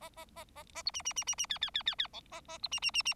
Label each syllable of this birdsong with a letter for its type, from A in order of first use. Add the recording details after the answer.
A A A A A B C C C C C D D D D D E A A B C C C C. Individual Bird4